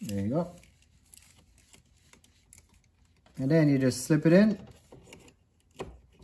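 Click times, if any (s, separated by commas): none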